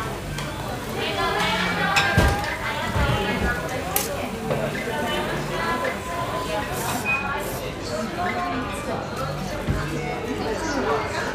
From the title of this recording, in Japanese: 無回転寿司屋